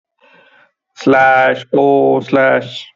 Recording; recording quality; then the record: sustained vowel as in boot; excellent, no background noise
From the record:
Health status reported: healthy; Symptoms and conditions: none ticked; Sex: male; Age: 37 years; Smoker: not ticked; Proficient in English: yes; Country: India